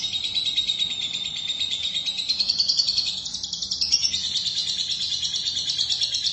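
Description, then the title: Lovebird chattering song, a steady shrill buzzy twitter of fast pulses that rises and dips in pitch over several seconds. "BM Suara Burung Lovebird"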